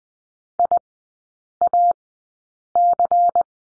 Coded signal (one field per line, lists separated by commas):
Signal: Morse code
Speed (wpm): 20 wpm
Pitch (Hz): 700 Hz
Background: none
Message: IAC